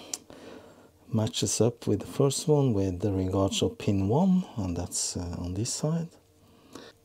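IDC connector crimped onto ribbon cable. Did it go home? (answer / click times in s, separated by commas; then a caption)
no / none. An IDC connector crimped onto a ribbon cable is handled and lined up so it matches the first connector for pin 1 orientation, while someone talks. Only a few faint ticks are heard and nothing has seated or clicked yet.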